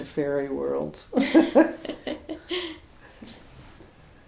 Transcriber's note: laughs